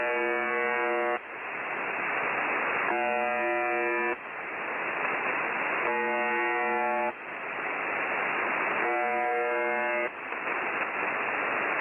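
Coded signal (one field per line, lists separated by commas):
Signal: channel marker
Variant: UVB-76, The Buzzer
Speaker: Russian language station called the buzzer it's called that because most of the time it just transmits an annoying buzzing tone over and over again like this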